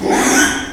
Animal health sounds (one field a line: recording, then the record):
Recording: squeal of a Yucatan mini pig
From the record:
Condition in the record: after surgery on the right vocal fold (resection and tissue-engineered implant)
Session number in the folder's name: 3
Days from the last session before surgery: 33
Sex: male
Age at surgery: 12 weeks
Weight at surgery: 13 kg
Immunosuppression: cyclosporine, prednisolone